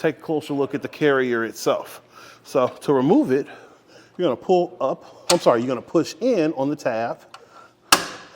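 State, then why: Released. Someone talks while pushing in on the tab of the wheel-hold arm on a RockyMounts GuideRail 2-bike rack (RKY97ZR) mounted on a 2025 Acura MDX. One sharp click at 7.9 s marks the ratcheting latch releasing from its toothed mount, so the arm can be lifted off.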